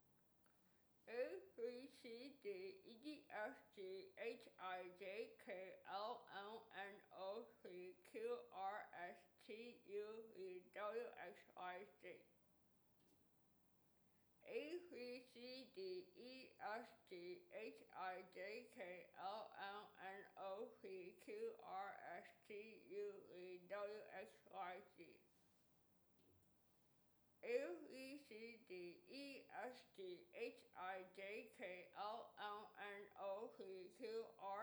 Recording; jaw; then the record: letters of the alphabet, spoken; constrained by a bite bar between the teeth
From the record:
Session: first day, right after the free take